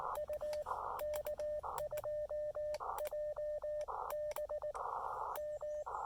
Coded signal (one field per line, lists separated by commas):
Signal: Morse code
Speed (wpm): 18 wpm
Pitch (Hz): 590 Hz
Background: radio noise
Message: U K2JB M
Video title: Amazing SOTA Activation of Mount Pisgah (W4C/CM-011) pairing the Elecraft KX2 and CHA MPAS Lite!